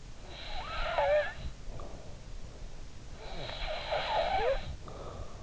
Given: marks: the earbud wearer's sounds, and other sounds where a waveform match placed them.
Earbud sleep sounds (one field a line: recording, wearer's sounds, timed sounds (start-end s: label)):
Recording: sounds in sleep by an in-ear microphone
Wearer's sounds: snoring breath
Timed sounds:
0.12-2.25 s: snoring breath
3.18-5.34 s: snoring breath